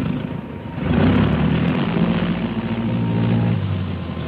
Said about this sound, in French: 8h25. Dans un fracas de tonnerre, les moteurs sont mis en marche.